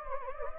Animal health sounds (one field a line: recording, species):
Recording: mosquito wingbeat signal from an infrared sensor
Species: Anopheles gambiae